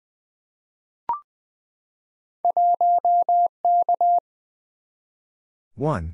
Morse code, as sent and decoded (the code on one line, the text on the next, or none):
.---- -.-
1K